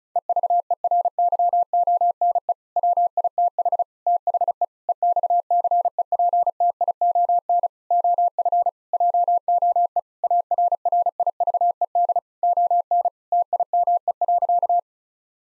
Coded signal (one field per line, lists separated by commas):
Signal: Morse code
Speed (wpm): 36 wpm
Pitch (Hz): 700 Hz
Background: none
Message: EVERYONE WITH THE EXCEPTION OF JOE ARRIVED ON TIME.